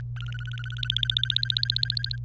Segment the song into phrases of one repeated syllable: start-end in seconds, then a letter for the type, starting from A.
0.00-0.01 A, 0.17-2.16 B